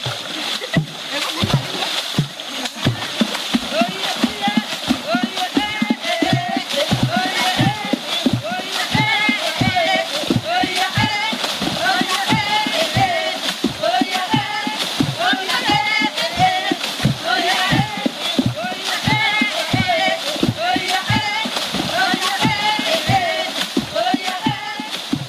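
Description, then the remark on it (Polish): Aka Pygmy women in Central Africa, standing waist-deep in a river, slap and splash the water in a traditional steady, fast rhythm, producing deep hollow thumps and bright spattering splashes, with occasional voices and chanting mixed underneath the continuous water drumming. “Kobiety stoją po pas w rzece i dają koncert.”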